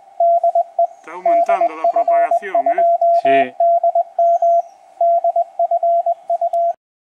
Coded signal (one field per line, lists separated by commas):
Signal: Morse code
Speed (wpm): 20 wpm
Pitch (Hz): 680 Hz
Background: speech, radio noise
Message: DE DF2DM DFU